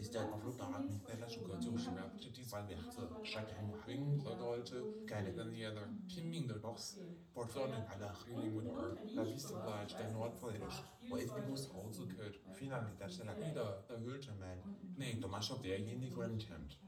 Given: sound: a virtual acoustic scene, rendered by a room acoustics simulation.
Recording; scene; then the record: noise of the scene; living room, asymmetric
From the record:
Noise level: 67 dB SPL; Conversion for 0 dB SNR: 5.4 dB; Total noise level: 72.4 dB SPL